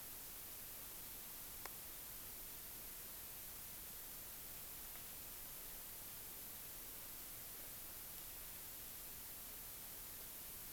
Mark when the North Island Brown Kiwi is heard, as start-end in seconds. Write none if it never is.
none